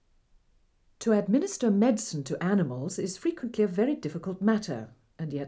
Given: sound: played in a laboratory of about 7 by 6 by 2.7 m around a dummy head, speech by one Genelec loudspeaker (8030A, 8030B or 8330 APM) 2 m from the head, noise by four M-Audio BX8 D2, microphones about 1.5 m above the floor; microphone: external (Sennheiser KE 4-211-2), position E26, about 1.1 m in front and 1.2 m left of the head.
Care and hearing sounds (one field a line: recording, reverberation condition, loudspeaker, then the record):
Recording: female speech in English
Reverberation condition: low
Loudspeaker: 30 degrees to the left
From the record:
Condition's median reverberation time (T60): about 310 ms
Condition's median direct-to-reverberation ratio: about 3.5 dB